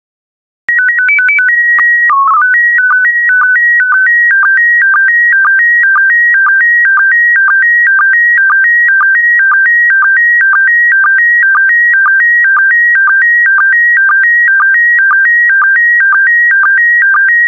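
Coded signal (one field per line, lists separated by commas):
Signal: SSTV (slow-scan television)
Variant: PD 120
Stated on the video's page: SSTV PD120 images sent for decoding practice.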